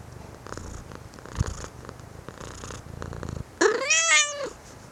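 Domestic cat purring in a low continuous rumble for about three and a half seconds, then breaking into a loud, drawn-out meow.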